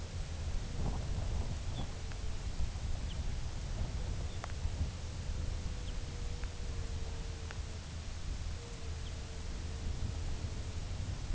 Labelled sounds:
Lapland Longspur (Calcarius lapponicus), unidentified sound
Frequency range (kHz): Lapland Longspur (Calcarius lapponicus) 2.2-4.4 kHz
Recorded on Arctic tundra, site UTQI-2, on 15 June 2019
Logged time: 22:00

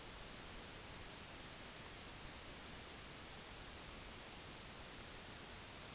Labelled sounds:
none
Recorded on Arctic tundra, site NAIT-1, on 25 June 2019
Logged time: 10:00

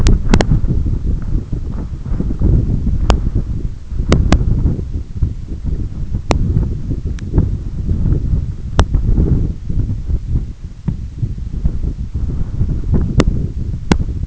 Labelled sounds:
none
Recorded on Arctic tundra, site EABA-1, on 20 June 2018
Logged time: 18:00

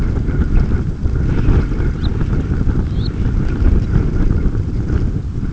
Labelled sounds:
Red Phalarope (Phalaropus fulicarius)
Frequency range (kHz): Red Phalarope (Phalaropus fulicarius) 2.5-4.8 kHz
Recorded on Arctic tundra, site UTQI-5, on 28 June 2018
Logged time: 00:00

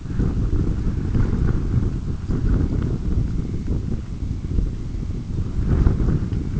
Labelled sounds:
Dunlin (Calidris alpina)
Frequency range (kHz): Dunlin (Calidris alpina) 1.6-3.0 kHz
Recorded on Arctic tundra, site UTQI-5, on 26 June 2018
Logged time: 20:00

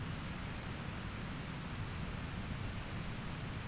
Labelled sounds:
none
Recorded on Arctic tundra, site ZACK-1, on 13 June 2019
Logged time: 09:49

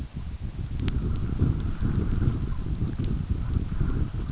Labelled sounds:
none
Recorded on Arctic tundra, site UTQI-5, on 29 June 2018
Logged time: 16:00

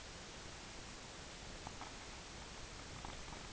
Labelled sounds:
none
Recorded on Arctic tundra, site UTQI-5, on 18 June 2019
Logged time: 20:00

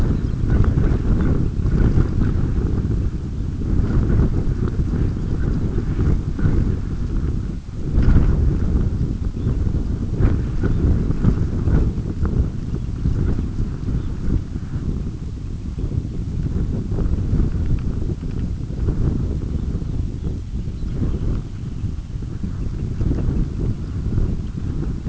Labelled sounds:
unidentified sound, Red Phalarope (Phalaropus fulicarius), Semipalmated Sandpiper (Calidris pusilla)
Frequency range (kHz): Red Phalarope (Phalaropus fulicarius) 2.5-4.3 kHz; Semipalmated Sandpiper (Calidris pusilla) 1.9-3.8 kHz
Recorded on Arctic tundra, site UTQI-5, on 26 June 2018
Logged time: 20:00

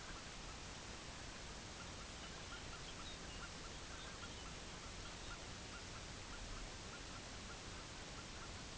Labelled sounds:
unidentified sound, Lapland Longspur (Calcarius lapponicus)
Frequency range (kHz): Lapland Longspur (Calcarius lapponicus) 2.1-5.0 kHz
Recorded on Arctic tundra, site UTQI-5, on 23 June 2018
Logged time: 04:00

